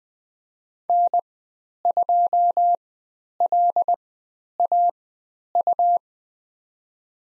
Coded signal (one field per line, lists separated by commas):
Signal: Morse code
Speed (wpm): 20 wpm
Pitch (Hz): 700 Hz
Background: none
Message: N2LAU